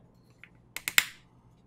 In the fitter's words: Okay, there are definitely clicks that time.